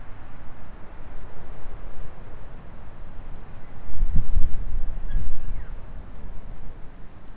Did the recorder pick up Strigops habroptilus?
no